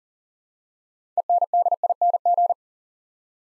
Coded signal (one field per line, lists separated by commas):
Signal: Morse code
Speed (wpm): 43 wpm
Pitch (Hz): 700 Hz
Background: none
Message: ENDING